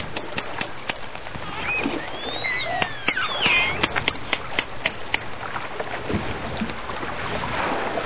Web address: walvisstrandingen. potvis